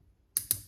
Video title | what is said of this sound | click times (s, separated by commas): Honda CB900 F2 Bol’Dor carb clean part 1 | so again you can hear the click | 0.4 s, 0.5 s